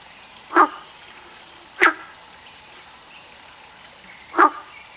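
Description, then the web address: Frog calls, three short rasping croaks spaced one to three seconds apart against a quiet steady background hiss. Recorded on 22 June 2019. "frog rec 18-20 20190622"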